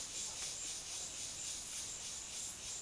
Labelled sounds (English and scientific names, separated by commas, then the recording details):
none
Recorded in dense forest near Puerto Asís, Putumayo, Colombia, on 19 February 2024 at 12:30
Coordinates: 0.502, -76.326
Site G6460